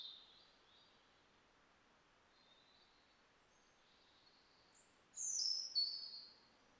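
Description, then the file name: European robin song: faint thin notes at first, then one bright, very high phrase of sharp twitters near the end. "Erithacus rubecula"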